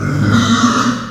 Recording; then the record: squeal of a Yucatan mini pig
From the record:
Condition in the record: after surgery on the right vocal fold (resection and tissue-engineered implant); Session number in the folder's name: 11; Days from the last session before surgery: 98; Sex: female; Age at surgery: 19 weeks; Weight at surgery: 25 kg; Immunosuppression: prednisolone